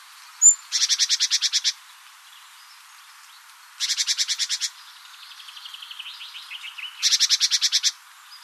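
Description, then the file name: Great tit giving harsh churring rattles, three bursts of rapid repeated notes each lasting about a second, with softer high chattering between the second and third bursts. "Parus major"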